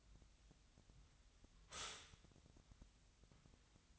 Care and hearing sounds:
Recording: daily activity, microphone in the room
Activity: stop toaster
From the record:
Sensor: 3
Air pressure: 1001.8 hPa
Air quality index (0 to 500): 246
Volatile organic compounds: 49 ppm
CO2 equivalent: 3280 ppm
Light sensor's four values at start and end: 14/42/18/16 and 14/42/18/16

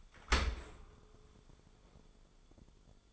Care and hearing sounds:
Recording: daily activity, microphone in the room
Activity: open dishwasher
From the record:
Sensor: 5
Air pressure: 1015.0 hPa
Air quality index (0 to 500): 116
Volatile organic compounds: 2 ppm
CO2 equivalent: 1247 ppm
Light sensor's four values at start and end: 34/79/32/31 and 35/80/32/32

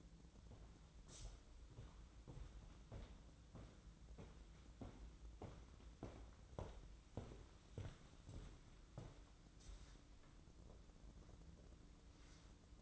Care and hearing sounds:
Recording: daily activity, microphone in the room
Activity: walk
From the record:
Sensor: 3

